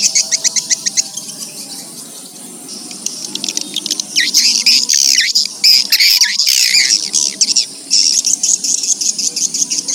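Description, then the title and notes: Swiftlet chirps, a rapid pulsed series of clipped notes, then a louder twittering burst, over a low background hum. Swiftlet sounds used for swiftlet farming in Asia. "Swiflet Bird Sound. Farming Swiflet Bird asia sound"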